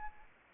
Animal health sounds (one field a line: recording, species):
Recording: mosquito wingbeat signal from an infrared sensor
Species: Anopheles arabiensis